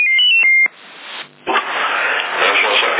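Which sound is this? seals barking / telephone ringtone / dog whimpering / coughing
telephone ringtone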